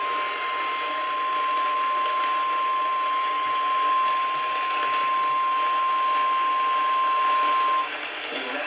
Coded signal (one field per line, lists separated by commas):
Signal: Emergency Alert System (SAME) tones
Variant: 1050 Hz attention tone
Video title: MONTGOMERY COUNTY... EAS Alerts From 5/8/24 5/9/24 (EAS#1,034 - #1,058)